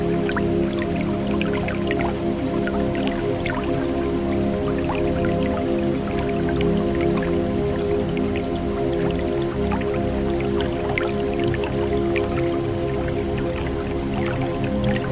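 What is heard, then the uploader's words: Flowing water trickles and drips steadily over sustained low musical tones, with frequent small splashes scattered throughout at an even level. The tranquil ambiance of the flowing water, harmonizing with deep relaxation music. Hearing the soothing melody of the water as it cascades over rocks.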